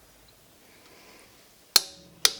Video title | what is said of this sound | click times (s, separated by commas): Did it work? Amazing Temporary CV boot fix update | as you can see almost immediately we heard the click there | 1.8 s, 2.2 s